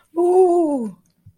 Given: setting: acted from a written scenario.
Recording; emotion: vocal sound without words; elation